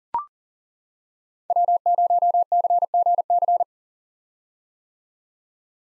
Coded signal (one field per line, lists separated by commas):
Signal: Morse code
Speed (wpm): 40 wpm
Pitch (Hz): 700 Hz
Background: none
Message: W0CGC